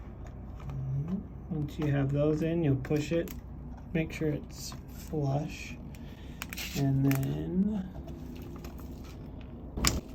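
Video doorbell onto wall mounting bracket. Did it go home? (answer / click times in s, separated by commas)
yes / 9.9 s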